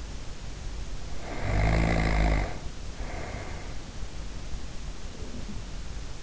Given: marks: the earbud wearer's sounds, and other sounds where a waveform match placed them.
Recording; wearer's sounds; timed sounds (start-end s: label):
sounds in sleep by an in-ear microphone; snoring breath, breath
0.96-3.82 s: snoring breath
4.99-5.84 s: breath